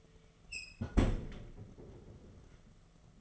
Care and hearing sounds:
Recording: daily activity, microphone in the room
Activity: close fridge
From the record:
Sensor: 4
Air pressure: 1015.7 hPa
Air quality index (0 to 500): 185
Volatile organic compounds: 9 ppm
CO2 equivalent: 2139 ppm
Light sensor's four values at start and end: 9/19/8/8 and 12/27/11/11

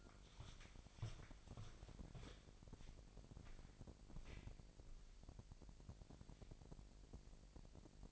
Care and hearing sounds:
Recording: daily activity, microphone in the room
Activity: walk to room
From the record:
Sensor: 5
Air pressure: 1002.1 hPa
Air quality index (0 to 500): 248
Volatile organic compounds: 7 ppm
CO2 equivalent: 2038 ppm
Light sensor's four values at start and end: 28/65/27/29 and 28/67/27/29

